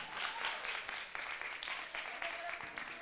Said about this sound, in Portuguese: Mas ela é a melhor influência da noite. Esteve sempre a fazer clap. Palmas para ela.